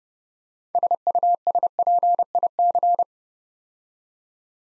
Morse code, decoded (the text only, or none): SUSPIC